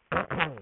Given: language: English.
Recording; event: throat vibration sensor signal played as sound; throat clearing